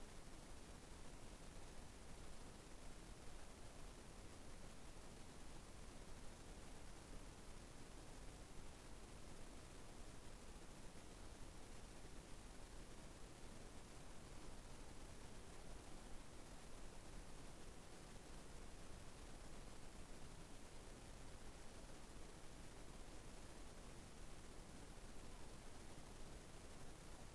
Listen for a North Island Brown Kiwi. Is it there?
no